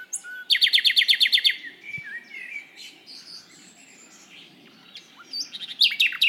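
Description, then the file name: Common nightingale song opening with a loud, fast series of about ten percussive repeated notes, followed by thinner whistles and chirps. "Luscinia megarhynchos"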